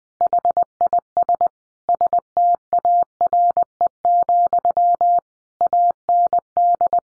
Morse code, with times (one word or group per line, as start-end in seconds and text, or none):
0.2-1.5 HIS
1.9-5.2 STARE,
5.6-7.0 AND